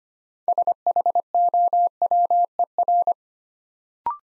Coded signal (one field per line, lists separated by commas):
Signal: Morse code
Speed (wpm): 25 wpm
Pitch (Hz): 700 Hz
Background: none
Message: SHOWER